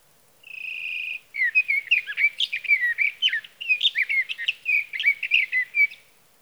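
Sage thrasher opens with a steady held whistle lasting nearly a second, then breaks into a long, fast warbling string of varied notes.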